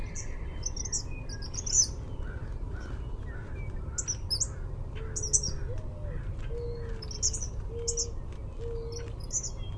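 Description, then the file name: Eastern kingbird with high, brief, sputtery call notes scattered throughout, while a low whistled note repeats in the second half over a rumbling hum. "EAKI RRV"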